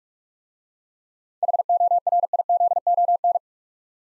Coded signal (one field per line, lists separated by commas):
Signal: Morse code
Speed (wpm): 44 wpm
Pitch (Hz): 700 Hz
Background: none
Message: HORIZON